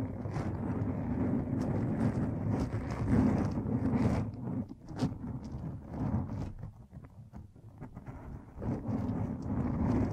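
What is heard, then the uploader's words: A microphone being brushed and scratched, with a dense, rumbling rustle heavy in the low end. The scraping runs steadily for the first four seconds, thins into quieter, patchier strokes with brief sharp knocks around five seconds, then builds again toward the end. Mic Brushing and Scratching.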